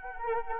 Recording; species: mosquito wingbeat signal from an infrared sensor; Anopheles arabiensis